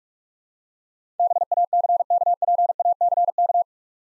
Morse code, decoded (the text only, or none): BACKPACK